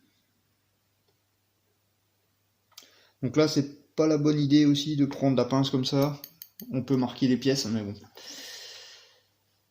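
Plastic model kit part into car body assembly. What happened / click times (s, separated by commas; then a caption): The plastic model part snapped into place / 2.8 s. A plastic part of a 1/24 Ford Mustang plastic model car kit is pressed home into the car body assembly with small pliers and snaps into place with a short, sharp click at 2.8 s. Someone then talks for most of the rest of the clip.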